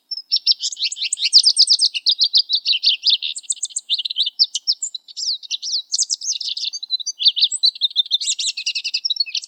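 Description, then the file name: Lesser goldfinch song: a long, rambling, high twittering stream of rapid chips, trills and sweet notes, varied and nearly continuous. "suara lesser goldfinch"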